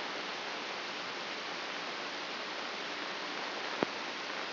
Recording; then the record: brain microelectrode recording played as sound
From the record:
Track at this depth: outside the subthalamic nucleus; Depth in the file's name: 7.428 mm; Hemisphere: left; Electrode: 2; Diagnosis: Parkinson's disease